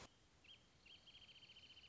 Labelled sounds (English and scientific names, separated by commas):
Wrentit (Chamaea fasciata)